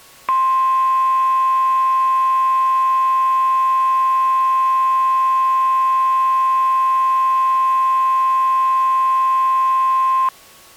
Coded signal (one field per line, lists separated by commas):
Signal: Emergency Alert System (SAME) tones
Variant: 1050 Hz attention tone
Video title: EAS MOCK - Evil Darwin Part 5, Part 1